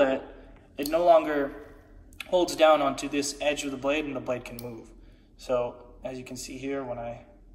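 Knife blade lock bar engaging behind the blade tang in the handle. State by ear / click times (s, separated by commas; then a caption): not seated / none. A man talks while handling a folding knife, opening its blade toward the axis-style lock bar that engages behind the blade tang in the handle. Nothing has seated or clicked yet; the clip ends just before the lock bar snaps into place.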